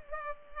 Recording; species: mosquito wingbeat signal from an infrared sensor; Culex pipiens